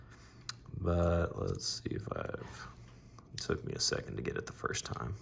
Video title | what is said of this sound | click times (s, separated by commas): War for Cybertron Kingdom Ultra Magnus DNA Designs Upgrade | little snug there we go you kind of hear it click into place | 0.5 s